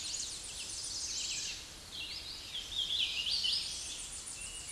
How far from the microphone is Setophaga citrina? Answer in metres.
about 25 m